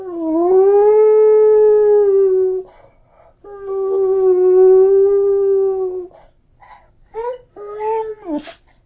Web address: beagle howling